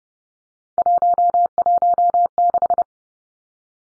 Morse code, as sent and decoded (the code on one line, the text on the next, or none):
.---- .---- -....
116